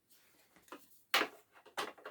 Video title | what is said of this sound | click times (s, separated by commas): From The Tip: Canary Yellow Hoover Turbopower Motor Service And Maintenance Part 3 Of 4 | Just snaps into place. | 1.2 s